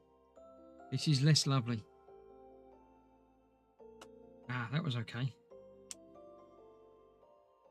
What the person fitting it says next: that one didn't click when I thought it had